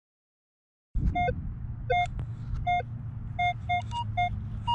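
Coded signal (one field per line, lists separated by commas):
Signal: none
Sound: a metal detector's beeps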